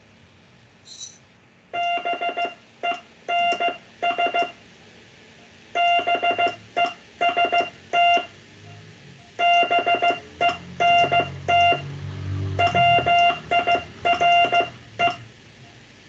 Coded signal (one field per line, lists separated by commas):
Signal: Morse code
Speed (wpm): 15 wpm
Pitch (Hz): 700 Hz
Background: none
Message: BENS BEST BENT WIRE